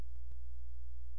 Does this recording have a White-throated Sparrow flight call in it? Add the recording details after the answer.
no. No flight call is heard. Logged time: 00:13 on 16 September 2014